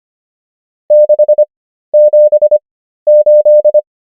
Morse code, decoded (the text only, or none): 678